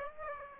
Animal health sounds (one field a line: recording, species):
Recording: mosquito wingbeat signal from an infrared sensor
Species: Aedes aegypti